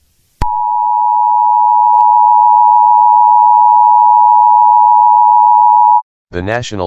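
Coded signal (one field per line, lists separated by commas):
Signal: Emergency Alert System (SAME) tones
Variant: 853 and 960 Hz attention tone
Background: speech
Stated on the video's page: Fake tornado warning made with EAS tones.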